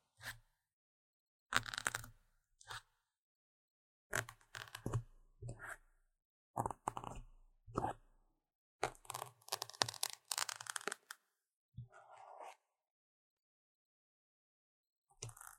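Intense scratching comes in short bursts separated by dead silence, each a dry crackling rasp that reaches bright and high. The strokes cluster around two, five to eight, and nine to eleven seconds, with one last brief scrape near the end.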